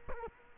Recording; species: mosquito wingbeat signal from an infrared sensor; Culex quinquefasciatus